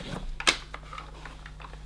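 The plastic bottom clip of the exhaust filter on a Sebo Felix vacuum cleaner, with the top already clipped in, is pushed into the housing and snaps in with a sharp click at 0.4 s, followed right after by a louder snap and several fainter taps. The exhaust filter clip is seated in position.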